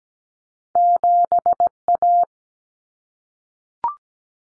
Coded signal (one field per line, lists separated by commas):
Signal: Morse code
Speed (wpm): 17 wpm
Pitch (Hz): 700 Hz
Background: none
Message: 7A